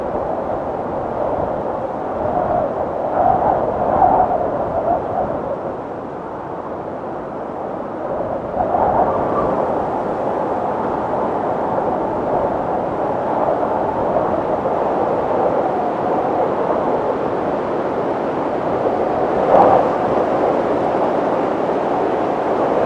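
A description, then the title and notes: Cold wind rushes steadily through a mountain landscape, a dense, roaring hiss concentrated in the low and middle range. A brief lull near six seconds gives way to stronger, slightly brighter gusts from about nine seconds, with a short whistling surge around twenty seconds. Winter windstorm in the mountains. Three hours of cold winds sounds.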